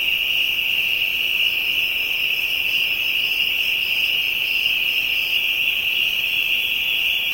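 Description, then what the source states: Insects trilling in a constant, unbroken high-pitched drone, with faint fluttering tones higher up throughout. Ambient insect sounds recorded in Africa.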